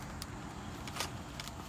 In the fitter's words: yeah i'll show you just how it gets up real quick here too when it clicks when you hear that click